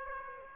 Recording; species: mosquito wingbeat signal from an infrared sensor; Aedes aegypti